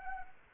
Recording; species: mosquito wingbeat signal from an infrared sensor; Anopheles arabiensis